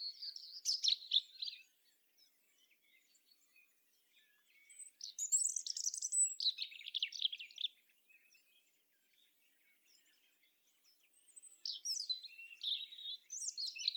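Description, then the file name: European robin song in bursts: sparkling high warbles and trills, each phrase a few seconds long, broken by quiet gaps with soft scattered notes. "Erithacus rubecula"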